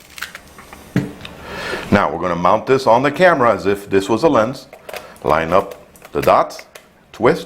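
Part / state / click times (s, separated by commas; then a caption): macro extension tube onto DSLR camera body bayonet mount / not seated / none. A 12 mm macro extension tube is handled at a DSLR camera body's bayonet lens mount while someone talks, with a few small, sharp handling ticks early in the clip. Its mount dots are being lined up with the body's mount for a twist, but nothing has seated or clicked yet.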